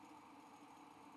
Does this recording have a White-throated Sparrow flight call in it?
no